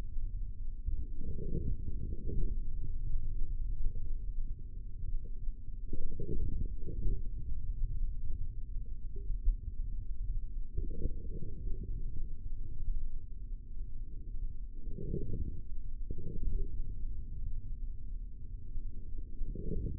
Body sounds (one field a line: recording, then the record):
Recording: forearm muscle sounds (acoustic myography)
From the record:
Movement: forearm pronation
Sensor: system 3, bracelet of six PUI Audio POM-2738L microphones around the upper forearm, with dedicated amplification and filtering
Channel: 5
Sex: male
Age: 25 years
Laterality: right